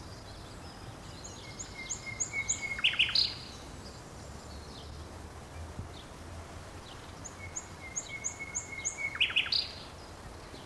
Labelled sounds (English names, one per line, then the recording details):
Common Nightingale
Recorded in the wild
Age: adult
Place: Friedhof Niederschönhausen III, Berlin, DE
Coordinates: 52.571, 13.386
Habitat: Stadtfriedhof
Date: 1992-05-03 11:58
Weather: wolkig, 11°C
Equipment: Nagra SN, Mikrofon AKG CK 8, Kopie Tesla B 116
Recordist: Tembrock, Günter
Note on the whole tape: Friedhof III; Gesang, ca. 3 min (sehr gut), dann Schnarren, Laute im Flug, verfolgt ein anderes Exemplar, dann eine Phrase - wechselt auf Grundstück-Garten (Leonard-Frank-Straße)